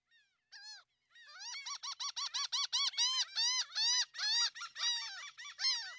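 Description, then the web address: Laughing gull laughing call, a long series of nasal, arched notes after a brief opening note. "Wildlife Identification By Sound, Western North America. Laughing Gull"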